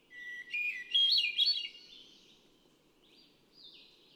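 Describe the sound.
Hermit thrush delivering a fluty phrase: a held whistle rising into looping higher notes, followed by a fainter high phrase over a soft low hum.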